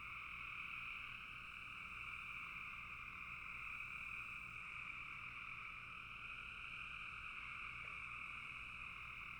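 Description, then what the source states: Frogs calling in a dense, steady chorus, a continuous trilling hum in two bands, unbroken for the whole stretch with no other clear sounds. Frogs in a bog.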